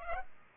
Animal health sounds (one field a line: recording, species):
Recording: mosquito wingbeat signal from an infrared sensor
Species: Culex pipiens